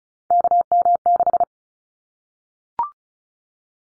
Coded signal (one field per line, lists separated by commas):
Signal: Morse code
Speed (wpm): 34 wpm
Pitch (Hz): 700 Hz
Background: none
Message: KM6